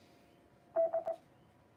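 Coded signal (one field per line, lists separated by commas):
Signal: none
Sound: repeater courtesy beeps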